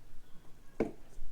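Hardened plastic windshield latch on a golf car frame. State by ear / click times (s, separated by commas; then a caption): seated / 0.8 s. A thumb pushes the hardened plastic fold-down windshield latch on a Yamaha golf car frame back in. A small snap sounds at 0.8 s as the latch seats closed.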